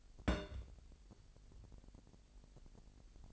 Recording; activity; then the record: daily activity, microphone in the room; place on stove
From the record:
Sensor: 5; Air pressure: 1002.0 hPa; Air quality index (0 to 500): 278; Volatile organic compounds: 19 ppm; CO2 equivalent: 2640 ppm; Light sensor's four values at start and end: 20/43/19/21 and 20/43/19/21